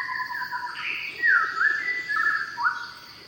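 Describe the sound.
White-rumped shama giving fluting whistled phrases that rise and fall, with a clear swooping note near the end, over a steady insect drone.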